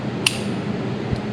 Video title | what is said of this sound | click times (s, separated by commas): Walther PK380 Review (Compact 380 Pistol) | It locked into place. | 0.3 s